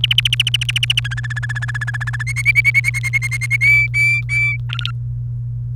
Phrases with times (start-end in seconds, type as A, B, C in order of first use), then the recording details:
0.04-1.00 A, 1.04-2.23 B, 2.27-2.80 C, 2.84-2.90 D, 2.94-3.56 C, 3.61-4.56 E, 4.69-4.91 F. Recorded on 29 April 2018 at 14:32. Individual llb3